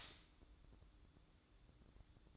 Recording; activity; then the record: daily activity, microphone in the room; stop toaster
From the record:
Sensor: 3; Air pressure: 1007.2 hPa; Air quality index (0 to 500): 55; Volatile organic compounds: 1 ppm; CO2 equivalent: 596 ppm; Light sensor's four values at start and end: 8/18/7/7 and 8/18/7/7